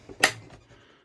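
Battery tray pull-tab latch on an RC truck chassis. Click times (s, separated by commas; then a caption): 0.2 s. On a 1/6 scale Losi Super Rock Rey RC truck, the plastic pull-tab latch on the bottom-loading battery tray is released and snaps back into place. A single sharp snap is heard at 0.2 s, followed by quiet. The latch seats back into place.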